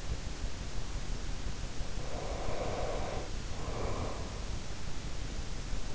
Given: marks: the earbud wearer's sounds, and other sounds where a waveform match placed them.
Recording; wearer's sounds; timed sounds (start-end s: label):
sounds in sleep by an in-ear microphone; breath
1.84-4.51 s: breath